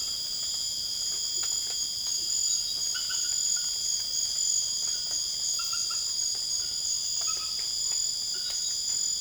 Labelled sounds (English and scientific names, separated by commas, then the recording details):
none
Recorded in secondary vegetation near Puerto Asís, Putumayo, Colombia, on 12 March 2025 at 02:30
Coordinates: 0.488, -76.319
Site G095